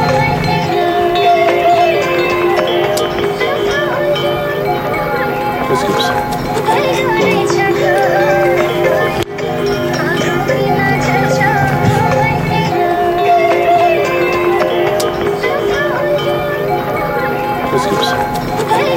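A soundscape composition of a hike to Everest Base Camp, thick with steady, sustained tones and a murmur of voices throughout. Scattered knocks like hooves clop through the mix. A brief break just after nine seconds, then the dense blend carries on unchanged.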